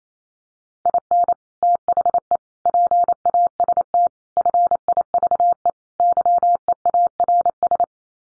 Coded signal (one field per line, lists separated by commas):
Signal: Morse code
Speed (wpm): 28 wpm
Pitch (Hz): 700 Hz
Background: none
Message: IN THE PAST FIVE YEARS